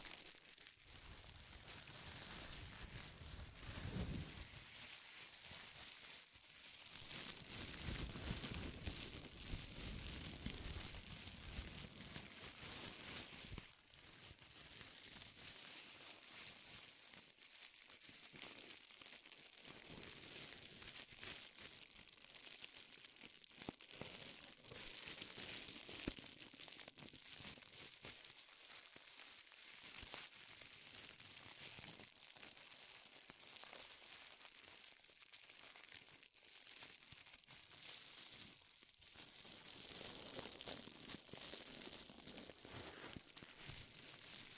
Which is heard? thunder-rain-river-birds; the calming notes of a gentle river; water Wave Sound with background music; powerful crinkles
powerful crinkles